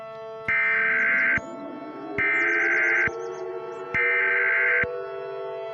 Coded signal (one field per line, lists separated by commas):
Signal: Emergency Alert System (SAME) tones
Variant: header bursts